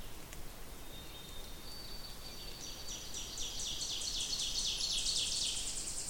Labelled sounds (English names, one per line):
Ovenbird song